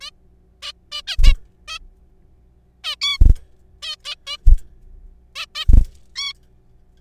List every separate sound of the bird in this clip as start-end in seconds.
0.01-0.10, 0.62-0.72, 0.92-1.01, 1.07-1.16, 1.24-1.33, 1.68-1.78, 2.84-2.95, 3.02-3.17, 3.83-3.95, 4.05-4.15, 4.27-4.37, 5.36-5.46, 5.55-5.65, 6.16-6.33